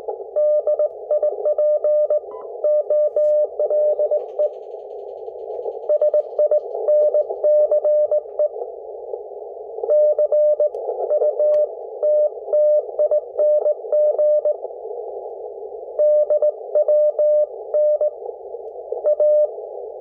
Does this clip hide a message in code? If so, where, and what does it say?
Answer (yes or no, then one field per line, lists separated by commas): yes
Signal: Morse code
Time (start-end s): 0.4-19.5 s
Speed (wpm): 18 wpm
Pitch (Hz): 600 Hz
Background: none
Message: DIPOLE SINCE CUTTING DWN A